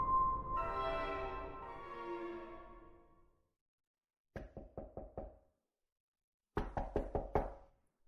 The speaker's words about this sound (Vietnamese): Ở bên ngoài tiếng gõ cửa càng lúc càng to hơn.